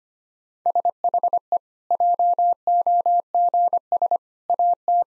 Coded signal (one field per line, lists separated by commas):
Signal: Morse code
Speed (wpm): 25 wpm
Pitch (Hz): 700 Hz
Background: none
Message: SHE JOGS AT